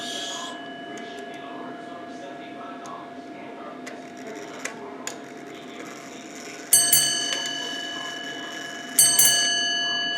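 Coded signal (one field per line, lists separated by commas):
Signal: ship's bell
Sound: two ringing clock bell strikes about two seconds apart over quiet room tone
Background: clock ticking, room noise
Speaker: four bells I'm going to stop now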